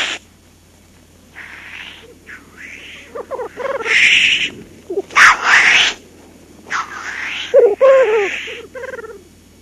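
Black grouse hissing calls, harsh wheezy sneezes repeated several times, mixed with short low bubbling notes between them.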